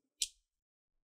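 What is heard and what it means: A guitar pick worked into the gap between the plastic bottom cover and the chassis of a Dell Inspiron 14 3481 (Reg. P89G) laptop is twisted to pry the cover off for a RAM upgrade. A single sharp, bright snap sounds at 0.2 s, followed by silence. A cover clip pops loose and releases.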